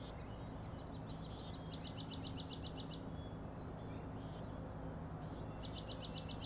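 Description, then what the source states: Common nighthawk rattles, rapid high clicking trills, one long burst then a softer run and another burst near the end, with a constant low drone underneath. Three birds flying in a close follow-the-leader formation near the recordist at Schoodic Head overlook, Acadia National Park, Winter Harbor, Maine; 4am, dated 061617; rattling noise.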